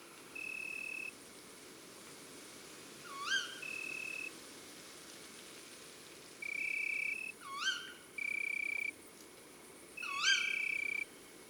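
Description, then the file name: Tawny owl uttering three short, harsh rising calls spaced several seconds apart over a steady high tone that starts and stops. Female. "Chouette hulotte femelle Chants doiseaux des bois et des forets"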